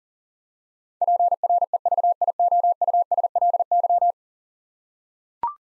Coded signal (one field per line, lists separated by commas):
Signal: Morse code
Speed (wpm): 40 wpm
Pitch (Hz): 700 Hz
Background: none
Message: PREVIOUSLY